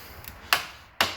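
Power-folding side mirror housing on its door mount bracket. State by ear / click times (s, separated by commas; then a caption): not seated / none. The driver's side power-folding mirror housing of a 2021 Corvette, on its door mount bracket, is pushed by hand toward its open position, unlike the passenger side, which snaps into place. A faint tick at 0.3 s is followed by two sharp, bright knocks at 0.5 s and 1.0 s. The mirror does not lock into its open detent and springs back to a curved, not-fully-open position, so nothing has seated or clicked into place.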